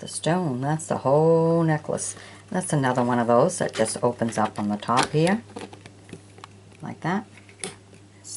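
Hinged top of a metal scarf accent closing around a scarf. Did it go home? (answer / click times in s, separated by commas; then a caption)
yes / 7.6 s. Someone talks while the hinged top of a metal jewelry scarf accent, which opens at the top, is closed around a scarf. A sharp click sounds at 7.6 seconds as the accent snaps shut and holds the scarf without opening.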